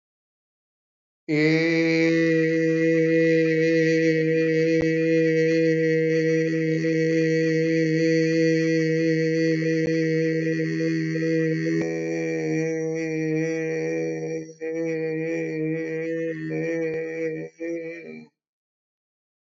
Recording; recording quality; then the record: sustained vowel as in made; excellent, no background noise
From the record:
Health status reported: healthy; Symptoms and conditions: diabetes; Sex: male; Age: 57 years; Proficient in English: yes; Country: India